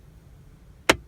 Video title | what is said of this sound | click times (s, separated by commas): 2017 Lexus LC 500h Sport+ Coupe Hybrid V6 Full Cabin Tour - Watch This If You Want One! | it just clicks into place beautifully this | 0.9 s